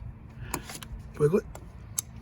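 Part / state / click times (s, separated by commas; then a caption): wiring connector onto engine sensor / seated / 2.0 s. A plastic electrical connector is wiggled and pushed onto its engine sensor on a Chevy Cruze during a coolant water outlet replacement. Someone talks while faint plastic rattles sound, then the connector clicks in sharply at 2.0 s, seated and ready for its locking tab.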